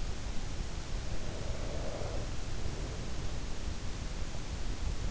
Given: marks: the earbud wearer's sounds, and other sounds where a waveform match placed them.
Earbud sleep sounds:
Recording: sounds in sleep by an in-ear microphone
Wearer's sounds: breath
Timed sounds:
0.49-3.70 s: breath

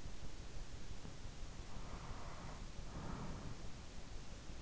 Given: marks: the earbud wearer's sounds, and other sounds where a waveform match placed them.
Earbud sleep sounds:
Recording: sounds in sleep by an in-ear microphone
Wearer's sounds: breath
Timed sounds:
1.35-4.32 s: breath

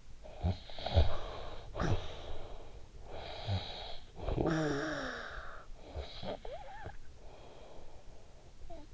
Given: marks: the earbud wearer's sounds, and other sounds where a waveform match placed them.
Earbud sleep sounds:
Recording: sounds in sleep by an in-ear microphone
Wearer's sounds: snoring breath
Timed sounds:
0.06-8.94 s: snoring breath

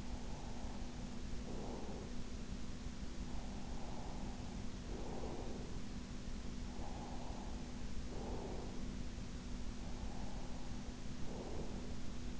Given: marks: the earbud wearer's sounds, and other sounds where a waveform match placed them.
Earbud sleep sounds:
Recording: sounds in sleep by an in-ear microphone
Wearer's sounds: breath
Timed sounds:
0.00-2.32 s: breath
3.10-6.01 s: breath
6.72-9.11 s: breath
9.56-12.40 s: breath

